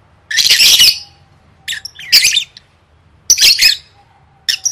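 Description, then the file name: Lovebird squawks: harsh, shrill bursts separated by quiet gaps, with short sharp chirps between them. "tieng vet mau don"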